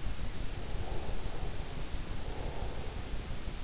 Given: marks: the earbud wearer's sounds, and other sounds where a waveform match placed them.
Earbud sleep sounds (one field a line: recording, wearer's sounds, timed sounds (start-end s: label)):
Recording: sounds in sleep by an in-ear microphone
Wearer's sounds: breath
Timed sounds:
0.31-3.63 s: breath